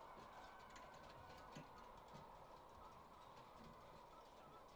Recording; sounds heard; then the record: poultry house recording; healthy chickens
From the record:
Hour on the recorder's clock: 18